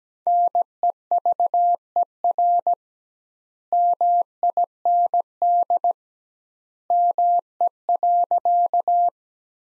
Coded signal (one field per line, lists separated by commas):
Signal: Morse code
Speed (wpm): 17 wpm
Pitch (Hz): 700 Hz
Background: none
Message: NEVER MIND ME.